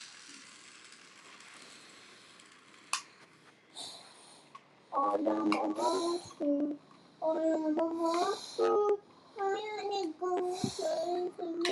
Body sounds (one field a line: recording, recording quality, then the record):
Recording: shallow breathing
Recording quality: excellent, no background noise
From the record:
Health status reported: exposed to COVID-19, no respiratory illness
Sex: female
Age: 38 years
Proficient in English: yes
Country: India